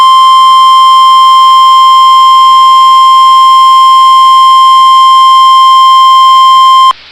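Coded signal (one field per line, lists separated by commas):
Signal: Emergency Alert System (SAME) tones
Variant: 1050 Hz attention tone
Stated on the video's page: Severe Thunderstorm Warning EAS alerts broadcast on NOAA Weather Radio station WXM99.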